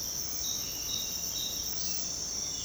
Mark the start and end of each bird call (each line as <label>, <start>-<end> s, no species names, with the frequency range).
bird call (2.9-5.7 kHz), 1.71-2.00 s